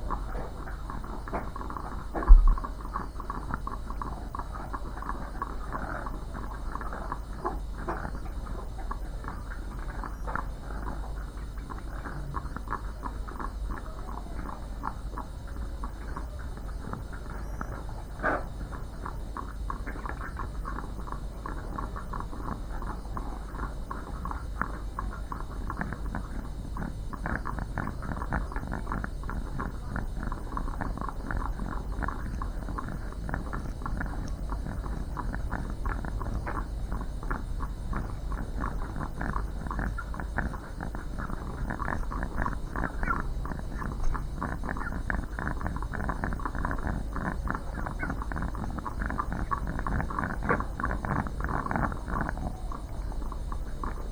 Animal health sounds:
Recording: poultry house recording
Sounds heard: sick chickens (respiratory disease)

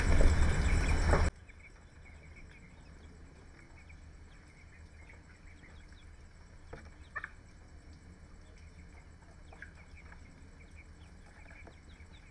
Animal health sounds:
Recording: poultry house recording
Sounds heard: healthy chickens

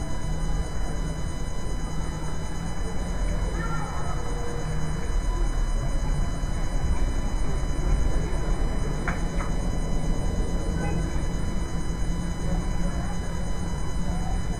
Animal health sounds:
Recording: poultry house recording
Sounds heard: healthy chickens

